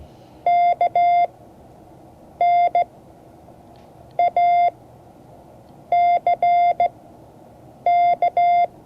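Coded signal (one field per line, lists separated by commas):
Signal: Morse code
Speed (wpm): 16 wpm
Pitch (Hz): 700 Hz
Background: none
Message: KNACK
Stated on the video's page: Morse code class.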